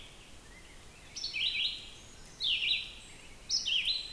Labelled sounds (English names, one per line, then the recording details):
Red-eyed Vireo song
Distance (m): 20 m
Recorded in boreal forest in Alberta, Canada, on 5 June 2016 at 06:30
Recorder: SongMeter 3, array SBT-3-51
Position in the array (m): 283 m, 135 m